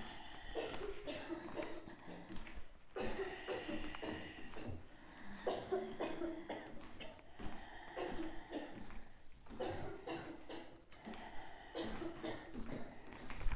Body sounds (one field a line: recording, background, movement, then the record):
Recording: deep breathing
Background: a bystander coughing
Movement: walking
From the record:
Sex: female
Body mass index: 25.5 kg/m2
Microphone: on the chest, facing outward